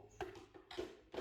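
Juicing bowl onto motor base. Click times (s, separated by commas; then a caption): 0.2 s, 0.7 s. The plastic juicing bowl of a Kuvings CS800 commercial auto cold press juicer is set onto the motor base and locks in place. Two sharp hits ring out at 0.2 s and 0.7 s over quiet background music, and a third thump follows near the end. The bowl is seated and locked.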